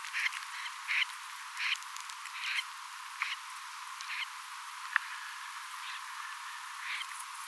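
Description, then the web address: Snipe take-off calls, a series of harsh, scraping notes that grow fainter, against continuous background hiss. Many snipes calling as they take off; five possibly pin-tailed snipes plus many common snipes; recorded 8 October 2024. "paivat 8 10 2024 monta kurppaa lentoonlahtoaantelya viisi voisi olla suippopyrstokurppaa ja sitten lisaksi tavallisia kurppia paljon"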